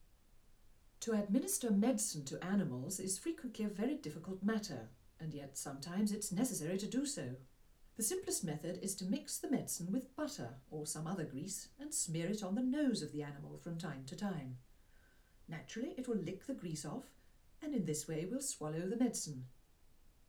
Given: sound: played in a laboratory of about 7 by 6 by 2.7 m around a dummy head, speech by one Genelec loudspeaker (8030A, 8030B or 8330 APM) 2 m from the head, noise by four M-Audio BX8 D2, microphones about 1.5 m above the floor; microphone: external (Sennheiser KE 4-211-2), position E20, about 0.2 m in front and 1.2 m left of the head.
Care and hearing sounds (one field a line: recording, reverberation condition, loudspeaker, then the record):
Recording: female speech in English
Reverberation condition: low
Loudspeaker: 30 degrees to the right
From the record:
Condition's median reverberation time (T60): about 310 ms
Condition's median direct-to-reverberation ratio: about 3.5 dB